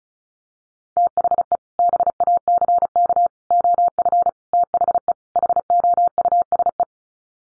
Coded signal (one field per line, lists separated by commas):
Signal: Morse code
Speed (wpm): 34 wpm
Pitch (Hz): 700 Hz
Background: none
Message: THE BACK OF THE HOUSE